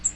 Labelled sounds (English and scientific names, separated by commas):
Cape May Warbler (Setophaga tigrina) flight call